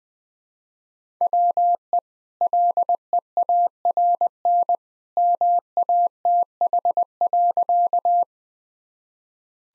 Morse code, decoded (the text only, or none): WE LEARN MATH.